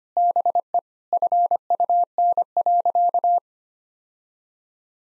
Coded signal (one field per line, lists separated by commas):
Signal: Morse code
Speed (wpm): 25 wpm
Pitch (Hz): 700 Hz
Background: none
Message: BE FUN.